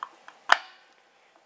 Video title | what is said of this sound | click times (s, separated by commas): How to set the pressure switch on your Harbor Freight air compressor | hear that click on there now I can't hardly get it off | 0.5 s